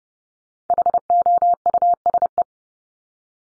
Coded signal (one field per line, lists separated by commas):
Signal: Morse code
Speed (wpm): 30 wpm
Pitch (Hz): 700 Hz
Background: none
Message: HOUSE